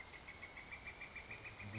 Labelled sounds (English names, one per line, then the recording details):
Northern Flicker
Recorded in Sonoma County, California